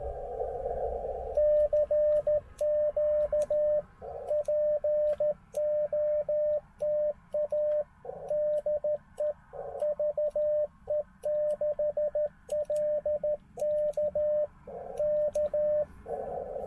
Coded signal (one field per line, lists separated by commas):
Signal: Morse code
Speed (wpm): 13 wpm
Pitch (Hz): 600 Hz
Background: radio noise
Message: CQ POTA DE VE6LK K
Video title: POTA 13WPM CW QRS practise at Okotoks Erratic